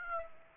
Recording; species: mosquito wingbeat signal from an infrared sensor; Aedes aegypti